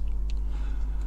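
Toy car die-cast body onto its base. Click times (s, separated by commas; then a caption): 0.3 s. The restored die-cast metal body of a Corgi 241 Chrysler Ghia V8 toy car is pressed down onto its base with the doors lined up. Over a steady low hum, a faint tick comes at 0.1 s and a sharp click at 0.3 s as the body seats onto the base.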